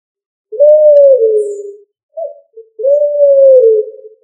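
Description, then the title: Pigeon cooing: two long, low hooting coos that dip slightly at the end, with two short soft notes between them, in an otherwise quiet setting. "Familia ColumbidaePomba"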